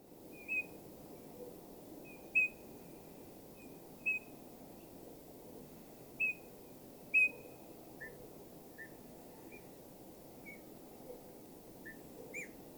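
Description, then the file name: Eurasian bullfinch giving soft, short piping whistles, repeated irregularly every second or two, over a quiet low background hum. "Pyrrhula pyrrhula"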